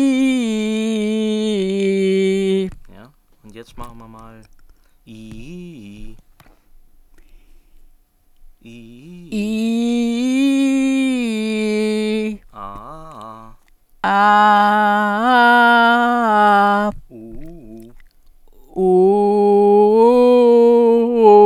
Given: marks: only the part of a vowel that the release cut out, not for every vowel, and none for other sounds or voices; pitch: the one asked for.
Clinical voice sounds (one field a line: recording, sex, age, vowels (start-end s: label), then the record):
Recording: sustained vowels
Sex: female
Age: 70 to 79 years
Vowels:
0.48-1.53 s: vowel /i/, low pitch
9.52-12.13 s: vowel /i/, low-high-low pitch
14.37-16.73 s: vowel /a/, low-high-low pitch
18.88-21.23 s: vowel /u/, low-high-low pitch
From the record:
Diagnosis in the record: healthy voice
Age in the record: 73 years